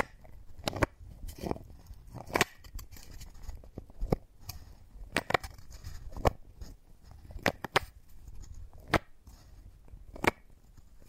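Wooden balls knock and clack together in sharp, crisp taps that come irregularly, roughly one or two each second, some louder than others. Between the hits, soft rustling and faint crackling fill in, with a few quick double knocks.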